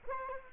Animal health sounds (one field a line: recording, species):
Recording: mosquito wingbeat signal from an infrared sensor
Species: Culex quinquefasciatus